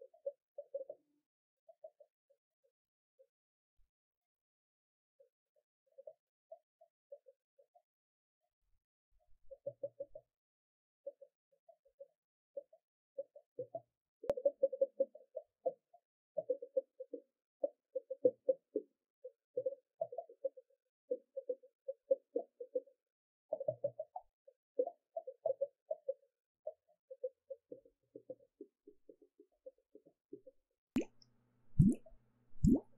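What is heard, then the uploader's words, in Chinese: Water gurgles and bubbles in short, mid-pitched plops, sparse and soft for the first several seconds, then denser and more regular from about 14 seconds on. Near the end, a sharp knock is followed by a few louder, fuller gulps. 水聲咕嚕咕嚕 | Relaxing Water Sounds | NoTalking。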